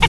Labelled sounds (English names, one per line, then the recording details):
Zebra Finch hat call
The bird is a male
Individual mal11